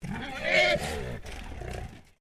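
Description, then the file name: Landrace pig screech: a harsh, harmonic squeal that swells to a loud peak, then breaks into a rougher, lower trailing squeal, about two seconds in all. "PIG LANDRACE EDGAR"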